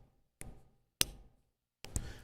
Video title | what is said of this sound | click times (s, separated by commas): WDWNT 2025 Fall Blowout Auction - Day 1 | Listen to the click. | 1.0 s